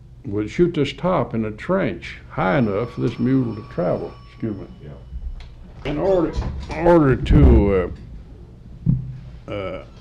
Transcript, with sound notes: we shoot this top in the trench high enough for this mule to travel. [phone interruption] Excuse me. In order, in order to